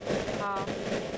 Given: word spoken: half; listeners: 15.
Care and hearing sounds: one English word in noise, from a listening test; noise modulated by three-talker babble; -4.1 dB; 2 of 15; 12 of 15; 0.78 s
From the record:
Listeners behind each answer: 12, 2, 1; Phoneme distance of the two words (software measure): 17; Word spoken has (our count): 1 syllable, 3 phonemes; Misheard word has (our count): 1 syllable, 2 phonemes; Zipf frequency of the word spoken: 5.55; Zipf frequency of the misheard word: 5.44

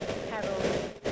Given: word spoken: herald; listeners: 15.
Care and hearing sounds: one English word in noise, from a listening test; noise modulated by three-talker babble; -5.2 dB; 6 of 15; 8 of 15; 0.72 s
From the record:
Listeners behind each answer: 8, 6, 1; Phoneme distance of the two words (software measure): 17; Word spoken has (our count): 2 syllables, 6 phonemes, stress on syllable 1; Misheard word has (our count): 2 syllables, 5 phonemes, stress on syllable 1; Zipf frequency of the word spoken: 3.47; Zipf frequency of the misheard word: 3.39

